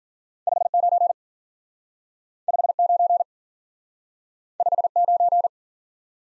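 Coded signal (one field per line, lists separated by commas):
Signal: Morse code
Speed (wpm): 54 wpm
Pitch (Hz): 700 Hz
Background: none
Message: 5 9 5 9 5 9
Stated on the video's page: Speed-Racing practice of two-character letter-number combinations, starting at 40 wpm and slowing to a base speed, with a final repeat at maximum speed.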